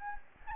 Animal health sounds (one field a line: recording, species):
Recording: mosquito wingbeat signal from an infrared sensor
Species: Anopheles gambiae